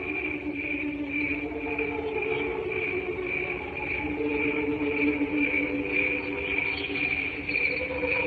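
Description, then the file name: Cricket song, shrill pulsed chirps repeating about twice each second over soft low droning tones. "canto grilli"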